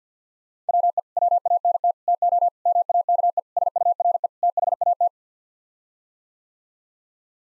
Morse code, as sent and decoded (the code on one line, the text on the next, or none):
.-- . / .-- .- -. - / - --- / -- .- -.- . / ... ..- .-. . / - .... .- -
WE WANT TO MAKE SURE THAT